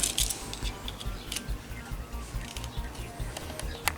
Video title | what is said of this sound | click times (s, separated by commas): Haul du 22/07/19 *Noz et action* (cutter circulaire /palette aquarelle métalique/Nouveaux dies) | Et il vient juste se clipser. | 3.9 s